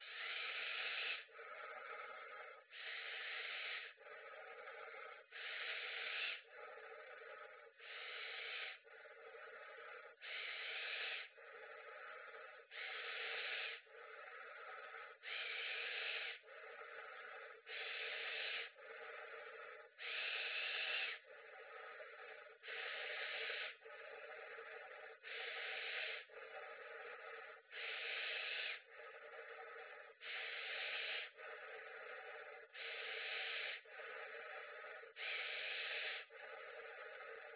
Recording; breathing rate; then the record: paced breathing near a phone; 24 breaths a minute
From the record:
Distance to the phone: 20 cm